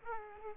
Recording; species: mosquito wingbeat signal from an infrared sensor; Culex pipiens